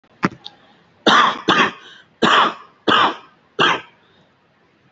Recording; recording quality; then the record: shallow voluntary cough; moderate, slight background noise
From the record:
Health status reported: recovered from COVID-19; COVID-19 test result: negative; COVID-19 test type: RT-PCR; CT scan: not taken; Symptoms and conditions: cough, cold, breathing difficulty, asthma, chronic lung disease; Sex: male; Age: 37 years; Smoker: yes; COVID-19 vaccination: both doses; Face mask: not worn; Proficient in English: no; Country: India